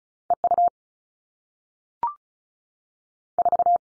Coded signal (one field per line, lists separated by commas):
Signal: Morse code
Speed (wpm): 36 wpm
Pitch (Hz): 700 Hz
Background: none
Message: E U 4